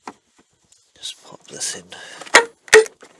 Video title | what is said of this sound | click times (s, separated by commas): Robot Lawn Mower Battery Replacement | like so and again you can hear it clicking in nicely | 2.4 s, 2.7 s